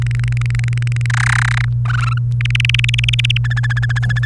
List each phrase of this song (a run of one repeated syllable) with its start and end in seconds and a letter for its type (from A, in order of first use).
0.02-1.06 A, 1.10-1.65 B, 1.85-2.18 C, 2.41-3.37 D, 3.44-4.25 E